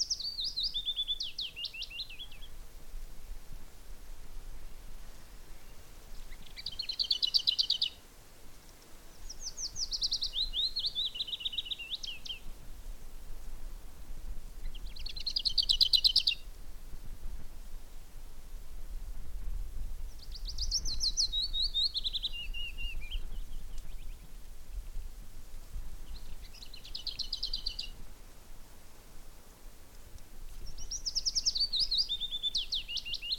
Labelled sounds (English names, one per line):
Lesser Whitethroat